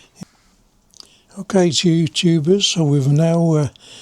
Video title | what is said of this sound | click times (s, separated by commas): Fitting an auxiliary Fuse box to the Moto Guzzi V86 TT | Now you should hear this click into position. | 1.0 s